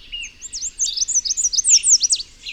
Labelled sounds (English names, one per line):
Chestnut-capped Warbler song